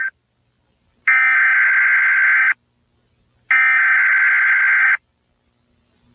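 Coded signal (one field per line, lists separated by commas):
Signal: Emergency Alert System (SAME) tones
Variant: header bursts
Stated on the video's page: EAS tones in a made-up emergency alert scenario, not a real broadcast.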